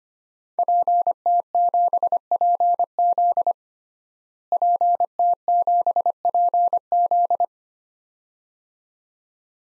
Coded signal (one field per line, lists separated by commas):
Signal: Morse code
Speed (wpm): 25 wpm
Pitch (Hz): 700 Hz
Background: none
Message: PT7PZ PT7PZ